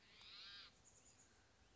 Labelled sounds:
Chestnut-backed Chickadee
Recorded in Sonoma County, California

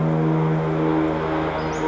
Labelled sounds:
Western Flycatcher
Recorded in Sonoma County, California

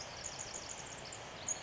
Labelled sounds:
Pacific Wren
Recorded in Sonoma County, California

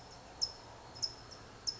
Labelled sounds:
California Towhee
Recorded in Sonoma County, California

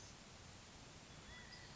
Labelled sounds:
California Quail
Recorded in Sonoma County, California

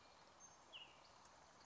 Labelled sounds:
Western Tanager
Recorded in Sonoma County, California

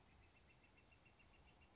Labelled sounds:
Northern Flicker
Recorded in Sonoma County, California

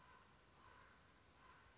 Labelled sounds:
Common Raven
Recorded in Sonoma County, California

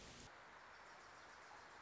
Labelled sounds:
Wilson's Warbler
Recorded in Sonoma County, California

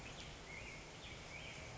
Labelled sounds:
Black-headed Grosbeak
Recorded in Sonoma County, California

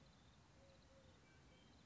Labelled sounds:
Eurasian Collared Dove
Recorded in Sonoma County, California

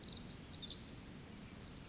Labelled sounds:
Pacific Wren
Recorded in Sonoma County, California

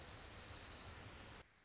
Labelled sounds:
Dark-eyed Junco
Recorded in Sonoma County, California

